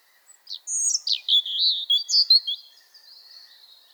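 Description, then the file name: European robin song: a high, fluty, tumbling warble with quick pitch slides, ending in a faint, thin trailing twitter. "Erithacus rubecula"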